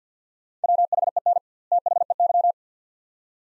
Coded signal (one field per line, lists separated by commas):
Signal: Morse code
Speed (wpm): 50 wpm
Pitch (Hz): 700 Hz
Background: none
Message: WHEN THEY